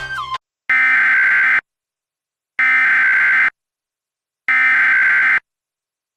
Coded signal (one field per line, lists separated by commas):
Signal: Emergency Alert System (SAME) tones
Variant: header bursts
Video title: EAS Mock: Deviousness Warning V: Statements